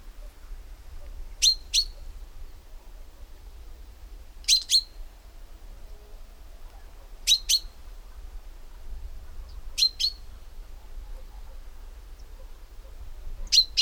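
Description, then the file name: Common chaffinch, crisp high paired call notes repeated roughly every three seconds, with faint low rumble beneath. "Fringilla coelebs"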